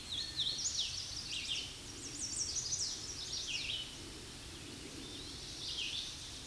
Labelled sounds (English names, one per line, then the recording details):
Red-eyed Vireo song
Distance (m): 35 m
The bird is about 25 m above the microphone
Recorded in a Pennsylvania forest on 16 May 2024 at 08:34
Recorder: AudioMoth, point MSD-2095
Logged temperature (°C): 16.3 °C
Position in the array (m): 166 m, 71 m